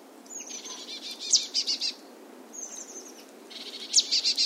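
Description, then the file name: Marsh tit calls: a thin high whistle, then sharp ticking notes and a fast buzzy series of harsh 'dee' notes, heard twice with a short pause between. "Poecile palustris"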